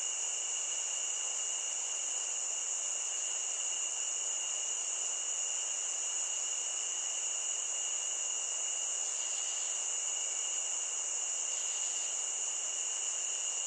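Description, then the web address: Crickets chirring nonstop, a high bright trill and a fainter lower tone blending into one level drone with no gaps. Nature ambience of crickets. "SFXBible ambience-nature-crickets"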